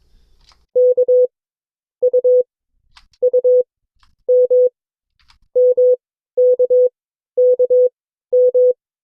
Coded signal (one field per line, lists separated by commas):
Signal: Morse code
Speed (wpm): 22 wpm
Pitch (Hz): 500 Hz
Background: none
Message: K U U M MKKM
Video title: CW Class - Session 2 (2026-01-29)